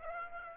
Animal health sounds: mosquito wingbeat signal from an infrared sensor; Aedes aegypti

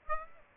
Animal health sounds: mosquito wingbeat signal from an infrared sensor; Aedes aegypti

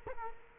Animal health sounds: mosquito wingbeat signal from an infrared sensor; Culex quinquefasciatus

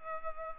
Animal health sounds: mosquito wingbeat signal from an infrared sensor; Culex pipiens

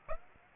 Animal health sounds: mosquito wingbeat signal from an infrared sensor; Aedes aegypti

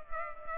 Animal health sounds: mosquito wingbeat signal from an infrared sensor; Culex pipiens

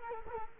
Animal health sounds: mosquito wingbeat signal from an infrared sensor; Culex quinquefasciatus

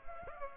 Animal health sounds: mosquito wingbeat signal from an infrared sensor; Culex pipiens

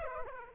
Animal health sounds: mosquito wingbeat signal from an infrared sensor; Aedes aegypti

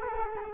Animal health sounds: mosquito wingbeat signal from an infrared sensor; Culex quinquefasciatus

